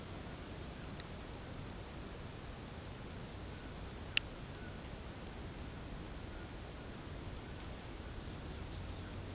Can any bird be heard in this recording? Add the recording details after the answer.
no. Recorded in pastures near Puerto Asís, Putumayo, Colombia, on 12 March 2025 at 16:00. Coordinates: 0.472, -76.329. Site G074